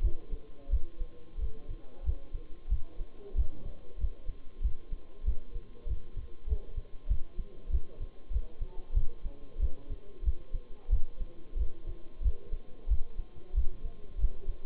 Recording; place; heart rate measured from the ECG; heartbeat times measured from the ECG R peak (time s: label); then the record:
heart sounds by stethoscope; between the tricuspid and mitral areas; 93 bpm
0.03 s: heartbeat
0.71 s: heartbeat
1.40 s: heartbeat
2.05 s: heartbeat
2.70 s: heartbeat
3.36 s: heartbeat
4.00 s: heartbeat
4.63 s: heartbeat
5.26 s: heartbeat
5.88 s: heartbeat
6.49 s: heartbeat
7.09 s: heartbeat
7.71 s: heartbeat
8.32 s: heartbeat
8.95 s: heartbeat
9.61 s: heartbeat
10.25 s: heartbeat
10.91 s: heartbeat
11.58 s: heartbeat
12.23 s: heartbeat
12.89 s: heartbeat
13.56 s: heartbeat
14.20 s: heartbeat
From the record:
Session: Bruce protocol treadmill stress test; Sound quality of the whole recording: partially saturated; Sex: male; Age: 23 years